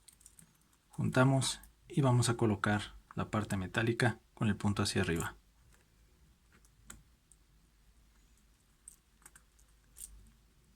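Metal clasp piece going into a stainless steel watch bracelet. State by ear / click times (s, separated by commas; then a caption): not seated / none. The metal clasp piece of a stainless steel extensible watch bracelet for a Casio AE-1200WH (Casio Royale) is positioned tip up, ready to be pushed back into place. Someone talks from about 1 to 5 seconds, followed by quiet handling with a few faint, sharp ticks near 6.9, 8.9 and 10.0 seconds. Nothing has seated or clicked yet.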